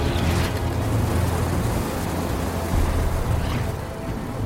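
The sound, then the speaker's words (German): A ship explosion, as fire reaches the second gunpowder magazine, booms into a dense, roaring low rumble that stays loud and churning throughout, with crackling, splintering bursts of wood and metal splinters near the start and again toward the end as the ship breaks apart into several pieces. “Die zweite Erschütterung ist noch schrecklicher als die erste. Holz- und Metallsplitter durchsieben das Schiff und reißen den Bauch der Oxford auf.”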